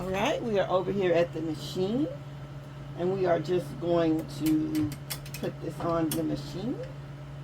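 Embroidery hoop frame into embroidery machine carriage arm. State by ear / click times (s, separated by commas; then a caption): not seated / none. Someone talks while bringing a magnetic embroidery hoop frame (Fast Frames by SewTech) to a Brother PR embroidery machine to fit it onto the carriage arm, over a steady low hum. The frame is only handled during the clip, and nothing has seated or clicked yet.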